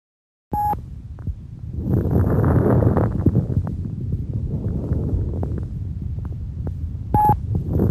High-pitched or fine crackles typical of interstitial lung disease and heart failure.